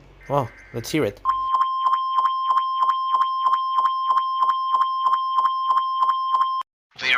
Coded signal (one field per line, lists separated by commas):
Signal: Emergency Alert System (SAME) tones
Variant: 1050 Hz attention tone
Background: speech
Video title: Emergency Alert Scenarios | Dark Streets